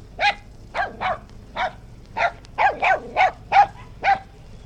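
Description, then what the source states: West Highland white terrier yapping in an irregular string of about ten high, sharp barks. Recorded outdoors; dog barking.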